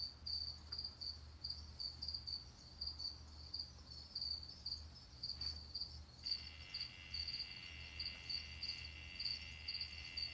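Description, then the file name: Brazilian yellow-backed poison frog trill begins late and buzzes steadily to the end, after several seconds of only pulsing insect chirps and low hum. "Adelphobates galactonotus calling"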